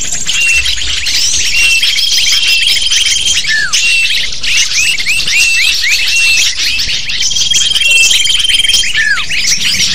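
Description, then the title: Lovebird: high squeaky chattering from a lovebird flock, steady and crowded, with drawn-out whistles and falling squeals recurring. Used to lure lovebirds. "PIKAT BURUNG LOVEBIRD"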